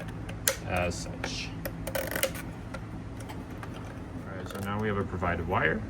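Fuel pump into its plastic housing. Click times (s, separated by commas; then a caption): 0.5 s. A fuel pump for an AEM fuel pump upgrade on a 2024 Acura Integra Type S is slid back into its plastic housing, with the two plastic sections of the pump assembly pushed together until they click in. A sharp click at 0.5 s confirms the assembly is seated. A few lighter taps and handling sounds follow while someone talks.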